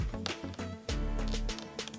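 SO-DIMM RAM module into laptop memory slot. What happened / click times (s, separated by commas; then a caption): The memory module is being handled but has not yet seated / none. An 8 GB SO-DIMM RAM module is handled at the memory slot of an Asus A456U laptop during a 12 GB RAM upgrade, with music playing throughout and a few short sharp taps. Nothing has seated or clicked yet; the clip ends just before the module is pressed down for the side retaining clips to snap over it.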